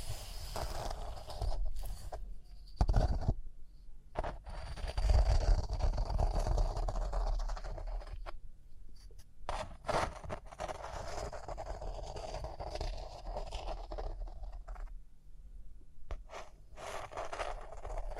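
Rhinestones are scratched and brushed in a continuous, dense rasping that fills the whole clip with a gritty, bright texture. Short sharp taps and clicks break through often, with heavier bumps around three and five seconds adding a low thud.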